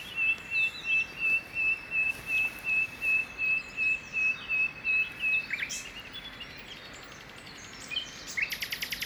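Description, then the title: Common nightingale delivering a long series of pure, evenly spaced whistled notes, then a brief pause and a fast dry rattle. Early morning song in the parc de Loire, Saint-Jean-le-Blanc, France; recorded on a Zoom H2n with EM272 stereo microphones. "Saint-Jean-le-Blanc, France - Rossignol philomèle matinal au parc de Loire"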